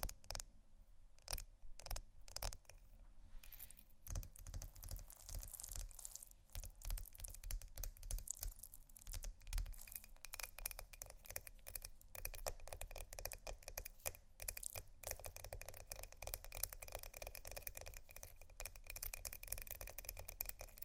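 Ice is scratched and tapped in a dense, uneven run of clicks, scrapes and sharp knocks that continues for the full length. The sounds are bright and crisp over a steady low rumble, with quick taps clustering more tightly in the second half.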